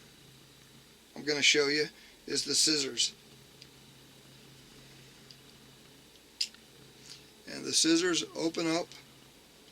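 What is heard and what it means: Spring-loaded scissors are unfolded from the metal body of a Leatherman Surge multi-tool until they lock into place. Someone talks, then a sharp click is heard at 6.4 s, surrounded by faint handling sounds. The scissors lock open.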